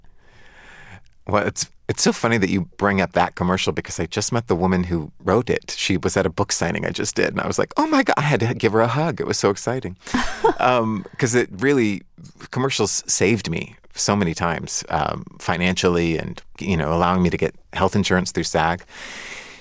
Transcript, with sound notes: Well, it's so funny that you bring up that commercial because I just met the woman who wrote it. She was at a book signing I just did. And I was like, oh, my God. I had to give her a hug. It was so exciting.
(Laughter).
Because really, commercials saved me so many times, financially and, you know, allowing me to get health insurance through SAG.